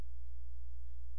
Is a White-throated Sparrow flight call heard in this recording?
no